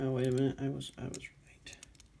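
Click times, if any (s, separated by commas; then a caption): none. A plastic action base adapter is handled against a plastic model kit while someone talks, followed by faint taps and clicks near the end. Nothing has seated or clicked into place yet.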